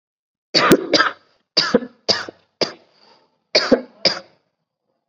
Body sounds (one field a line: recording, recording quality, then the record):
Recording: heavy voluntary cough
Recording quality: excellent, no background noise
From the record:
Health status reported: COVID-19 positive, mild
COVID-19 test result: positive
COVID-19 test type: rapid antigen test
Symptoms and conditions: cough, sore throat, fever, fatigue, muscle pain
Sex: male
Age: 30 years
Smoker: yes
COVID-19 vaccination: both doses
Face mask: worn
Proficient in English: yes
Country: India